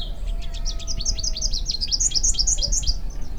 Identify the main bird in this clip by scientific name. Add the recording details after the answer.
Basileuterus rufifrons. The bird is a male. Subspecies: rufifrons. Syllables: 24. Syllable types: 9. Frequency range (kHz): 1.9-7.2 kHz. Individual MO-YSN-M